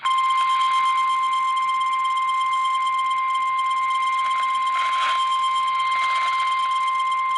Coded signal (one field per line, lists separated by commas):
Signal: Emergency Alert System (SAME) tones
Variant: 1050 Hz attention tone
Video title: a mini compilation of EAS alerts eas150-153